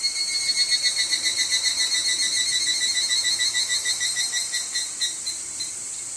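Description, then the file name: Evening cicada call, a high ringing buzz pulsed several times a second, the repeated notes slowing and fading toward the end. "higurashi"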